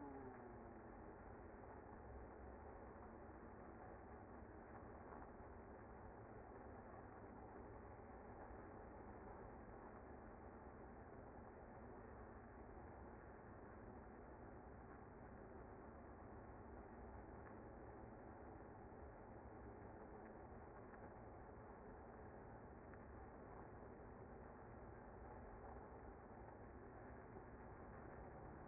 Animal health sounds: honeybee colony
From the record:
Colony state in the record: active

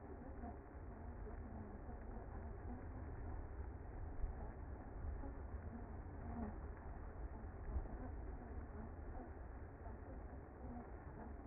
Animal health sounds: honeybee colony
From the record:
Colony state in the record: active

